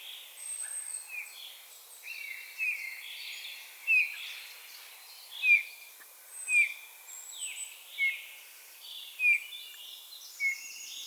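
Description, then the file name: Eurasian bullfinch calling with clear, mellow piping notes that dip slightly in pitch, around seven in all, set against a background of other chirping songbirds. "Pyrrhula pyrrhula"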